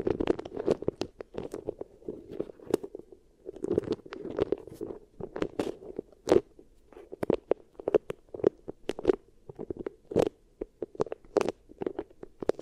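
Beeswax is pressed and rubbed right against the ear, making a soft low rustle broken by frequent sharp sticky crackles and pops. The pops come irregularly, several each second, some louder snaps standing out throughout the whole stretch.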